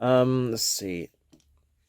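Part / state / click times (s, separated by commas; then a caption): plastic toy arm part onto mushroom peg of a transforming robot toy / not seated / none. Someone talks briefly, then small plastic taps are heard at 1.3, 1.4 and 1.9 seconds as the arm parts of a cheap plastic transforming robot toy are pressed onto its mushroom-shaped peg. The peg is too big to snap, so the arms have not clicked into place, and they have to be folded out of the way instead.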